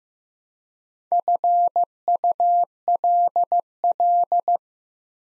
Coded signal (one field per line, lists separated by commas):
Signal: Morse code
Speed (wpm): 15 wpm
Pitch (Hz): 700 Hz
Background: none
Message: FULL